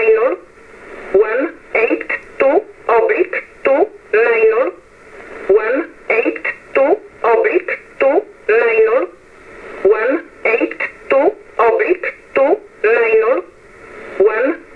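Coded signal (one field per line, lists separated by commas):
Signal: numbers station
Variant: E11 Oblique, English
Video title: 15 08 2022 Numbers Station E11 Oblique in English to Eu 0830 on 15720 Warsaw in USB mode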